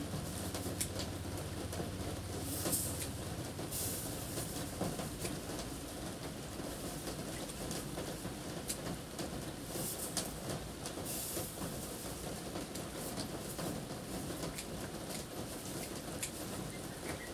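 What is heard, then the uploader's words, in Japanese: Harvested vegetables are readied for shipping under the eaves of an entrance. A steady, dense low rumble fills the whole stretch, with a faint hum early on. Brief crisp clicks and rustles break through now and then, around three, four, ten and eleven seconds. 玄関の軒下で、収穫してきた野菜たちの出荷準備をしています。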